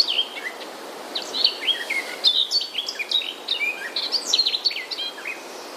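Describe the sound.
Garden warbler singing a hurried, scratchy jumble of high chirps and quick whistled slurs, the phrases running on for the whole stretch over soft hiss.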